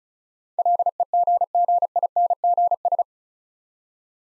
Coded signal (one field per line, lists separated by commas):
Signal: Morse code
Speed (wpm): 36 wpm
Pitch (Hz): 700 Hz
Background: none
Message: LEGGINGS